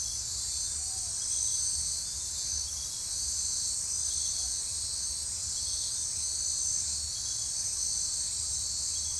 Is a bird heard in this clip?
no